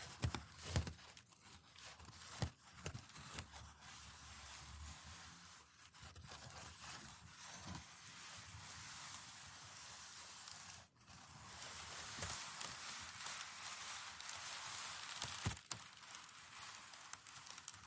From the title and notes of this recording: TimASMR-Packing Paper Slow Crinkles, Stroking, Rolling, Pressing, Rustling (NO TALKING).